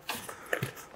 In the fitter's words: Je le mets simplement, il s'enclenche et c'est tout.